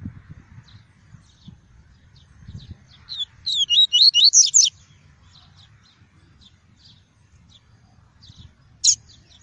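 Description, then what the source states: Double-collared seedeater: one rapid phrase of high, twisting whistles midway, scattered faint ticks around it, and a single sharp note near the end. Song of the "tui-tui" variety.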